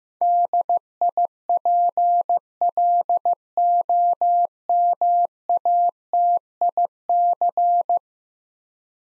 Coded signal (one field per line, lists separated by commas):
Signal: Morse code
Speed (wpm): 15 wpm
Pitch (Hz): 700 Hz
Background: none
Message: DIPLOMATIC